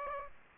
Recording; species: mosquito wingbeat signal from an infrared sensor; Aedes aegypti